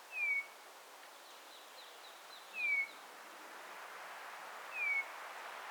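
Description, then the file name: Eurasian bullfinch calling with three soft, downslurred whistles about two seconds apart, with faint twittering in the background. "Pyrrhula pyrrhula"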